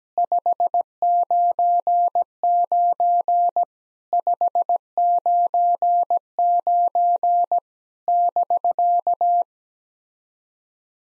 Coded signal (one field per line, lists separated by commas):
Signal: Morse code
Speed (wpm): 17 wpm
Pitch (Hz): 700 Hz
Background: none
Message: 599 599 <BK>